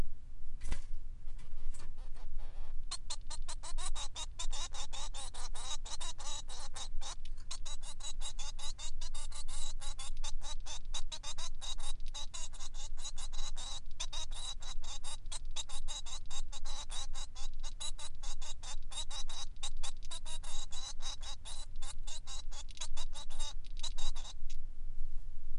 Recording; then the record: song of a male Bengalese finch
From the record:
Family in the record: son of father 3